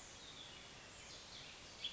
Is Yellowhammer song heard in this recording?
no